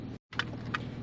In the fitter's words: it just pops right in, right there. Bam, bam.